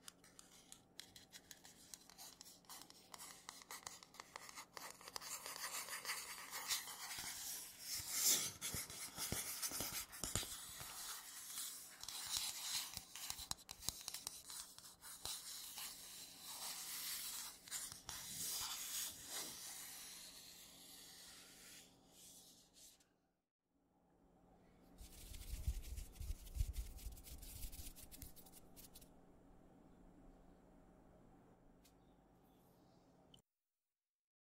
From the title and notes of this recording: Scratchy Tapping on 3 Matte Surfaces (NO TALKING).